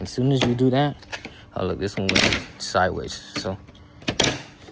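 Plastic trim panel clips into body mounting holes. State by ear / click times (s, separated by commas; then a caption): seated / 4.1 s, 4.2 s. Someone talks while realigning a plastic trim panel clip that had gone sideways, then presses the trim piece so its clips go into the three body mounting holes. Loud, sharp snaps ring out at about 4.1, 4.2 and 4.2 seconds as the clips pop home and the panel is seated.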